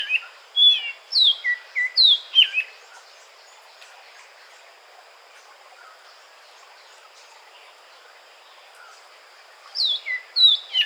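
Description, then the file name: Oriental magpie-robin delivering a burst of varied whistles and downslurred notes, then a long near-silent gap before another short whistled phrase. Recorded at Weddagala, Sri Lanka, on 5 March 2015. "Magpie-Robin Weddagala-05 Mar 2015"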